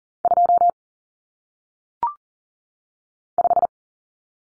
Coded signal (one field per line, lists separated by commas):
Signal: Morse code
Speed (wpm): 39 wpm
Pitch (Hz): 700 Hz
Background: none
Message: 2 5